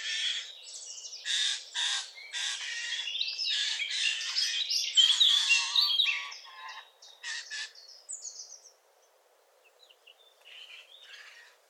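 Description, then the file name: Eurasian jay uttering a rapid series of short harsh rasps for about seven seconds, then a quieter stretch with a few faint high notes. "Garrulus glandarius"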